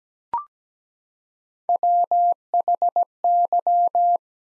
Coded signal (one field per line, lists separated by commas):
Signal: Morse code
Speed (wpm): 17 wpm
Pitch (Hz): 700 Hz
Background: none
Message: WHY